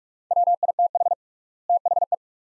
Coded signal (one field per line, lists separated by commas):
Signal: Morse code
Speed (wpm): 43 wpm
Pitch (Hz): 700 Hz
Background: none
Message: WITH THE